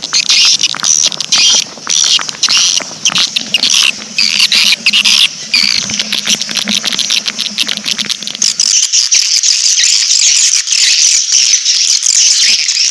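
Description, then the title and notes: Swiftlet twittering, many high rattling chirps with a low hum that stops partway, leaving a smoother high chorus. Swiftlet sound used in swiftlet bird farming in Asia. "Swiflet Bird Sound. Farming Swiflet Bird asia sound"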